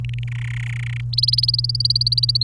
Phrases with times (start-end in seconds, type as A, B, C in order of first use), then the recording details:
0.04-0.24 A, 0.28-1.01 B, 1.13-2.44 C. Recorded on 29 April 2018 at 11:01. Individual llb3